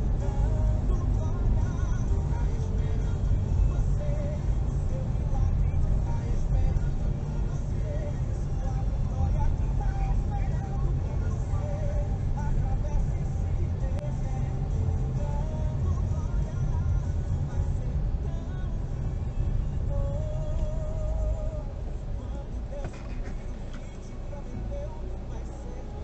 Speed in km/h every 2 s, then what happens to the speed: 25, 23, 24, 22, 22, 20, 20, 21, 19, 15, 5, 0, 0.
0-17 steady at about 22. 17-21 brakes to 0. 21-26 standing.